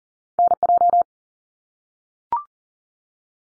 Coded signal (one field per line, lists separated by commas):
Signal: Morse code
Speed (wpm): 40 wpm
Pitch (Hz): 700 Hz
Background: none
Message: NJ